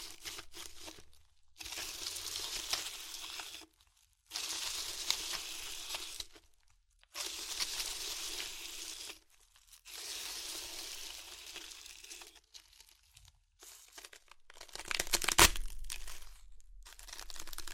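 Chips are crushed and crunched in repeated bursts, each lasting about two seconds and separated by brief silences. The crackling is bright, dense and gritty, with a sharp louder snap near the fifteenth second before the crunching resumes.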